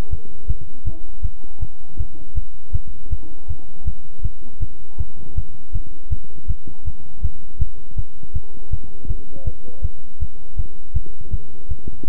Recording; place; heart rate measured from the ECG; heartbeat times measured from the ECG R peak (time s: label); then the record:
heart sounds by stethoscope; between the tricuspid and mitral areas; 161 bpm
0.11 s: heartbeat
0.48 s: heartbeat
0.85 s: heartbeat
1.23 s: heartbeat
1.60 s: heartbeat
1.98 s: heartbeat
2.35 s: heartbeat
2.73 s: heartbeat
3.11 s: heartbeat
3.48 s: heartbeat
3.85 s: heartbeat
4.23 s: heartbeat
4.60 s: heartbeat
4.98 s: heartbeat
5.36 s: heartbeat
5.73 s: heartbeat
6.10 s: heartbeat
6.48 s: heartbeat
6.85 s: heartbeat
7.22 s: heartbeat
7.59 s: heartbeat
7.96 s: heartbeat
8.34 s: heartbeat
8.71 s: heartbeat
9.08 s: heartbeat
9.45 s: heartbeat
9.83 s: heartbeat
10.20 s: heartbeat
10.57 s: heartbeat
10.94 s: heartbeat
11.31 s: heartbeat
11.69 s: heartbeat
12.06 s: heartbeat
From the record:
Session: bicycle stress test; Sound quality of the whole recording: good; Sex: male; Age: 23 years